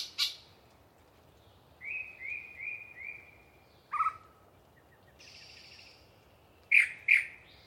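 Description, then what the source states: Yellow-breasted chat song: four rising whistled notes in a row, a sharp downslurred note, a soft buzz, then two loud clucks. Long pre-dawn song from a particularly chatty bird in deciduous cover near the microphones.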